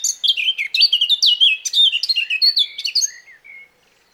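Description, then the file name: Eurasian blackcap song: a fast, continuous jumble of chattering and fluting notes, ending in a few soft fading whistles and then silence. "Sylvia atricapilla"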